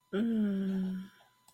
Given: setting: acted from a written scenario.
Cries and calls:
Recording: vocal sound without words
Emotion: romantic love

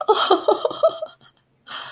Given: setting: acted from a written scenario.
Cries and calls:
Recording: vocal sound without words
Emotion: positive surprise

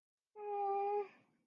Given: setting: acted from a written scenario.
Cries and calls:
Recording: vocal sound without words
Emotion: sympathy

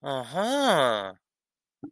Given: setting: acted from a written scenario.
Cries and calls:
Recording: vocal sound without words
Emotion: realization

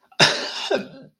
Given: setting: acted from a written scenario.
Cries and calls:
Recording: vocal sound without words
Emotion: shame

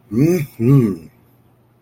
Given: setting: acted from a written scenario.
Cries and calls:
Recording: vocal sound without words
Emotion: pride

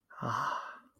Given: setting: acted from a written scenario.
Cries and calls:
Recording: vocal sound without words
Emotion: serenity

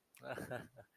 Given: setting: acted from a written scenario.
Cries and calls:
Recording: vocal sound without words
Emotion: realization

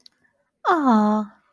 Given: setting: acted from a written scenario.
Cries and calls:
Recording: vocal sound without words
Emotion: adoration

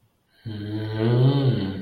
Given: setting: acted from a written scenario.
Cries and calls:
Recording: vocal sound without words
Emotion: confusion

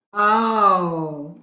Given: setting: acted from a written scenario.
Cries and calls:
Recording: vocal sound without words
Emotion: guilt

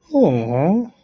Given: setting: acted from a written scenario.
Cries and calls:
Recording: vocal sound without words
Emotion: adoration

